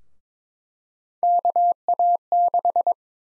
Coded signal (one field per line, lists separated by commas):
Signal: Morse code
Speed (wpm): 22 wpm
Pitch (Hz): 700 Hz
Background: none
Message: KA6